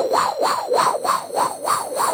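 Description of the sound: Rapid, even whooshing pulses, about seven in two seconds (roughly 190 a minute), made by an adult voice. This is a vocal imitation of a baby's heartbeat as heard on a fetal heart monitor, capturing how fast it goes.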